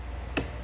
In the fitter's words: you got to do is simply lift them up until you hear like a little click and this